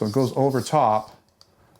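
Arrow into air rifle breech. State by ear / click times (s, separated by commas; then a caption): seated / 1.4 s. Someone talks, then a carbon fiber arrow is pushed into the breech of a Umarex AirJavelin/AirSaber air arrow rifle. A short, sharp click at 1.4 s marks the arrow locking into place, held by an O-ring inside so it won't fall out when the gun is angled down.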